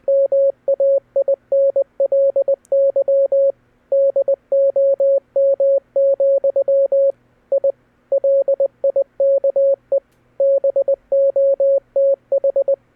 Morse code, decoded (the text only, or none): MAINLY DOM, I LIKE BOTH